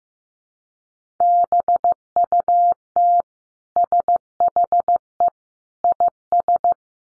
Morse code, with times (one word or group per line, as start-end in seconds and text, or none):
1.2-3.2 BUT
3.8-5.3 SHE
5.8-6.7 IS